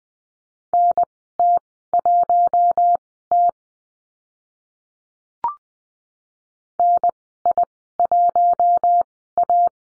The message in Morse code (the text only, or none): NT1T NI1A